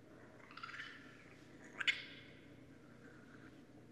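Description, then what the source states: Raccoon call: a brief breathy burst near the start, then a sharper squeaky sound near two seconds, over faint background hiss. Recorded on 23 January 2012.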